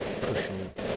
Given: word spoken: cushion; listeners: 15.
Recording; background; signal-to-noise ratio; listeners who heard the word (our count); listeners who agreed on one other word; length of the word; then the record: one English word in noise, from a listening test; noise modulated by three-talker babble; -3.0 dB; 3 of 15; 9 of 15; 0.56 s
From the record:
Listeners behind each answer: 9, 3, 2, 1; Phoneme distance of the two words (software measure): 27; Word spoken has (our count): 2 syllables, 4 phonemes, stress on syllable 1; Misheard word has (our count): 2 syllables, 5 phonemes, stress on syllable 1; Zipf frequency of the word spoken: 4.25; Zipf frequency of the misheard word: 4.58